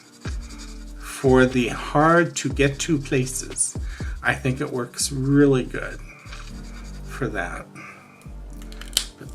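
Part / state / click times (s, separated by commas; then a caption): marker cap onto marker barrel / seated / 9.0 s. Someone talks while plastic caps are pushed back onto water-based markers, with faint rubbing and small taps as they go on. One cap snaps home onto its marker barrel with a sharp click at 9.0 s, seating fully.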